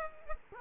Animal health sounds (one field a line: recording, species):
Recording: mosquito wingbeat signal from an infrared sensor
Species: Culex quinquefasciatus